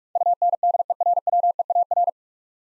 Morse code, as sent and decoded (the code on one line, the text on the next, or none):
..- -. -.. . .-. .-- . .- .-.
UNDERWEAR